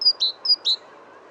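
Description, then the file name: Great tit giving two paired notes, each a thin high whistle followed by a lower, slightly buzzy note. "Parus major"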